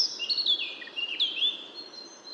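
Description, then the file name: Eurasian blackcap giving a quick, loud warble of sliding whistled notes, bright and fluty, running continuously through the brief passage. "Sylvia atricapilla"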